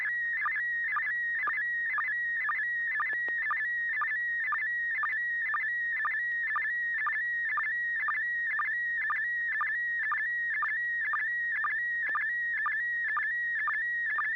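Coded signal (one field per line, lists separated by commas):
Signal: SSTV (slow-scan television)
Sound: warbling tone scanning line by line, with short low sync blips about twice a second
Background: low steady hum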